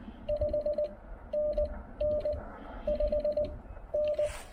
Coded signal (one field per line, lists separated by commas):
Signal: Morse code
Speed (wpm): 17 wpm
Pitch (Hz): 590 Hz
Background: none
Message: 5NN 5N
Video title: Yaesu FT-891 POTA: Breaking in my new-to-me transceiver during a chilly activation!